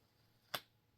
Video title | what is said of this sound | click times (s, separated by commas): All the Yarn bags and hook bags I own | oh you hear it | 0.5 s